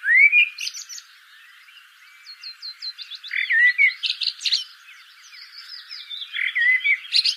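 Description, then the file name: Common blackbird song: a rising fluty opening, then warbled phrases and high squeaky twitters throughout. "Turdus merula"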